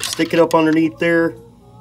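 Someone talks while a screwdriver is being positioned up underneath the upper timing chain tensioner on a Dodge Ram 3.7 V6 or 4.7 V8 engine's timing chain, ready to press it down so its metal ratchet clicks into place. Nothing has clicked or seated yet.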